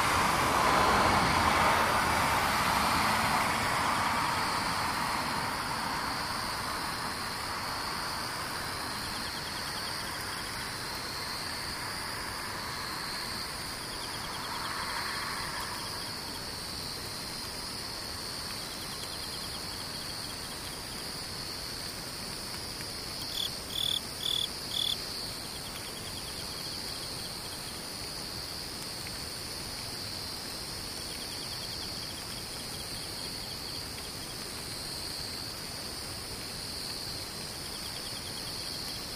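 Insects trill steadily throughout, with high bands of chirping that hold nearly unchanged for the whole stretch. A passing vehicle rumbles through in the first few seconds and fades. Near the 24-second mark, a short burst of four quick, sharp chirps stands out above the drone.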